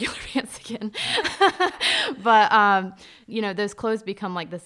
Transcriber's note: chuckles